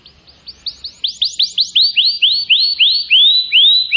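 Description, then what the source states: Atlantic canary song, a series of upswept chirps that grow louder and more drawn out. Used to lure birds.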